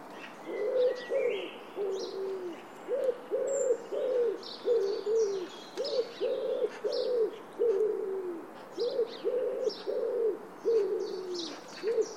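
Bird repeats low, hollow, hooting notes in a long series, with faint higher chirps from other birds above.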